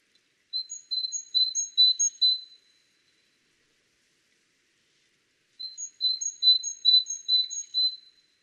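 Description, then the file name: Great tit song: a rapid series of high, thin two-part notes, given in two bursts with a silent gap between them. "Parus major"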